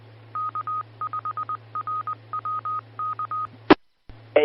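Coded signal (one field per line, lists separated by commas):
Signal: Morse code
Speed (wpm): 20 wpm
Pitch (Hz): 1250 Hz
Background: none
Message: K5RWK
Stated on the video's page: Morse ident of a club repeater on 147.120 MHz.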